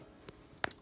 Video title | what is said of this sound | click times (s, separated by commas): Review CÁMARA DE HOP UP MAXX MODEL PRO español | no engancha viene el cargador | none